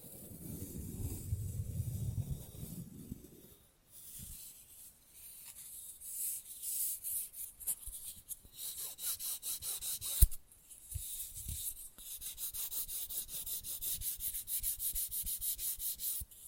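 Nail filing, opening with a few seconds of low, muffled rubbing before quick, bright rasping strokes take over. The filing is fast and dense, running in bursts with short pauses, and a sharp tap cuts through around the ten-second mark.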